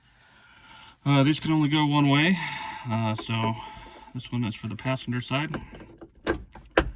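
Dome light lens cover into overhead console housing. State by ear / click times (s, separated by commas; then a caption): seated / 6.8 s. A passenger-side overhead dome light's plastic lens cover on a 2022 Hyundai Elantra N is pushed into the headliner housing after an LED bulb swap. Someone talks, then there are a few light taps before a sharp snap at 6.8 s as the cover locks into place.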